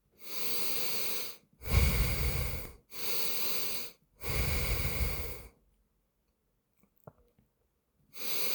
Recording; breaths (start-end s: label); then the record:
nose breathing near a microphone
0.00-1.31 s: inhalation
1.31-2.56 s: exhalation
2.56-3.91 s: inhalation
3.91-5.46 s: exhalation
7.86-8.55 s: inhalation
From the record:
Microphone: phone